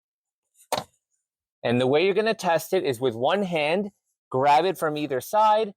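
The ClickTight tensioning panel on a Britax One4Life convertible child car seat, installed rear-facing with the vehicle seat belt, is pressed closed over the tightened belt and latches with a sharp click at 0.7 s. After a pause, someone talks.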